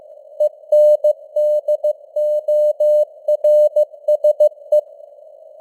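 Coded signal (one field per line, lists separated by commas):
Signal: Morse code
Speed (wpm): 15 wpm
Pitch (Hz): 600 Hz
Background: none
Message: ENDORSE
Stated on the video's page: News headlines in Morse at 15 wpm with simulated radio noise and varying signal strength (QSB).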